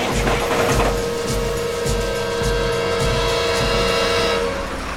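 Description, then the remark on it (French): The strained engine of an overloaded truck packed full of sacks sputters in uneven, low coughing pulses beneath a steady droning hum with whining overtones, unable to accelerate, loud and continuous throughout, with no voices. “Bourré à craquer, le moteur fait de petits cof-cof.”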